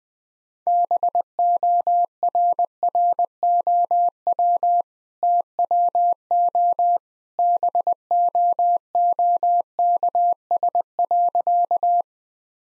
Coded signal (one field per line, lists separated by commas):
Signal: Morse code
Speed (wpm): 20 wpm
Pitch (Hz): 700 Hz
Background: none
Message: BORROW TWO BOOKS.